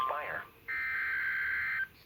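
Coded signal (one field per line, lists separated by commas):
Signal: Emergency Alert System (SAME) tones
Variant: header bursts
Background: speech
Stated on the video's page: Severe thunderstorm warning from NWS Norman OK, recorded with a Samsung Galaxy S8 phone.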